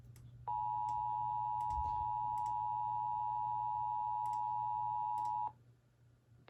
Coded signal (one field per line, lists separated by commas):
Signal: Emergency Alert System (SAME) tones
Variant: 853 and 960 Hz attention tone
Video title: EAS 713 TOR from NWS MPX